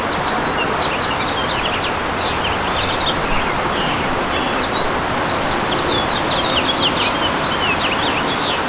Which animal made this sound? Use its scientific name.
Haemorhous mexicanus